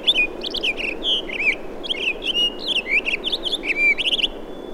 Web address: songs Townsend's Solitaire